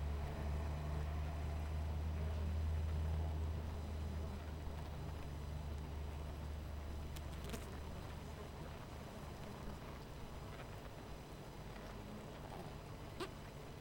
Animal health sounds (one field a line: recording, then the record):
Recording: honeybee colony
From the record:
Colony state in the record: missing queen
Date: 14 July 2017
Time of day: 12:40